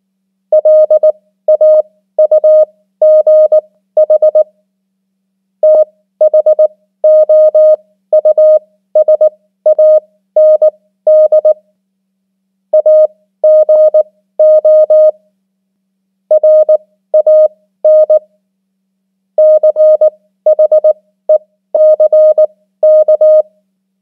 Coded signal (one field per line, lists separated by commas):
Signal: Morse code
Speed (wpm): 19 wpm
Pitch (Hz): 620 Hz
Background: none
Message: LAUGH THOUSAND AGO RAN CHECK